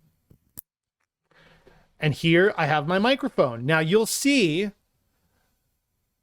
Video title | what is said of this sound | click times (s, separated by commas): xc15 audio module tutorial | i'm gonna plug it in and push the cable until it clicks | 0.6 s